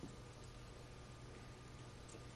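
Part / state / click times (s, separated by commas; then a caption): needle holder ratchet locking on a suture needle / not seated / none. A metal needle holder is handled on a suture needle before it is closed so its ratchet can click into the locked position. Only steady broadband noise with a low hum is heard over 2.4 seconds. The ratchet has not clicked and nothing has locked yet.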